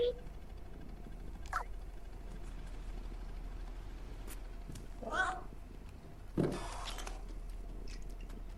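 A cat meows three times with long pauses between, the calls short and rising, the last one louder and harsher, over a steady low background hum.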